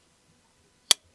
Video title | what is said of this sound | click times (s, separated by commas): All Of These New QSP Knives Are Good | Nice strong snap. | 0.9 s